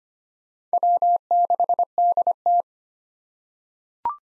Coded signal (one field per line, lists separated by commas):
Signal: Morse code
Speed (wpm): 25 wpm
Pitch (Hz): 700 Hz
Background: none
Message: W6DT